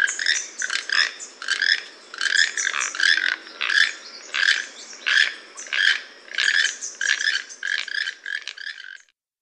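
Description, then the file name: Toucan calls, a fast series of rough, croaking notes, some doubled, repeated rhythmically for several seconds before stopping. "tucano"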